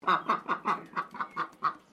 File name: BIRD DUCK PEKING QUACK